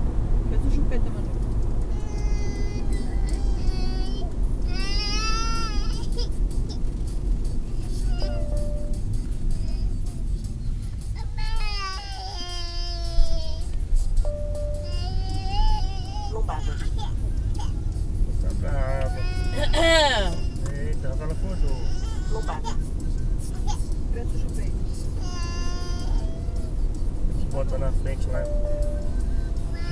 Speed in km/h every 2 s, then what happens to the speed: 81, 70, 58, 48, 35, 14, 13, 24, 32, 39, 44, 48, 51, 55, 57.
0-11 brakes to 13. 12-30 speeds up to 57.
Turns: none.